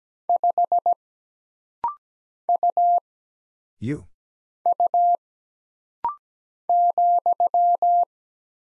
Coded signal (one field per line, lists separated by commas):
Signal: Morse code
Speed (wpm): 17 wpm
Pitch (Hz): 700 Hz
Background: none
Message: 5 U U ,